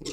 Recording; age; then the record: pig call; weaner (32 to 43 days)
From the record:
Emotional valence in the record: negative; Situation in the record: short isolation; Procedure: open field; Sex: female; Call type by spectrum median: low-frequency call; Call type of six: high-frequency stable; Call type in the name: high-frequency stable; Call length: 0.13 s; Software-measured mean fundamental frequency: 208 Hz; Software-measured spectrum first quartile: 329 Hz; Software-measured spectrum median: 1808 Hz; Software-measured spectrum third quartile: 5303 Hz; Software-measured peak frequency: 309 Hz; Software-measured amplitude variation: 152 dB a second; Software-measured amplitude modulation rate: 7.5 a second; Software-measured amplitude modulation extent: 20.2 dB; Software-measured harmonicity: 3.1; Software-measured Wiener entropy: -3.42